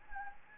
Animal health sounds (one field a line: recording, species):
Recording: mosquito wingbeat signal from an infrared sensor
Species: Anopheles gambiae